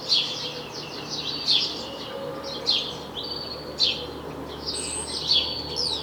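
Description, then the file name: House sparrow chirps, short bright notes given in loose bursts every second or so, over a steady low background hum. "Passer domesticus"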